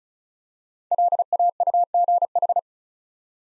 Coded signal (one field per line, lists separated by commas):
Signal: Morse code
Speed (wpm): 34 wpm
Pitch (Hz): 700 Hz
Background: none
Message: LAUGH